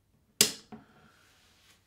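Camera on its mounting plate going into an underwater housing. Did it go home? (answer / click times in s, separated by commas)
yes / 0.4 s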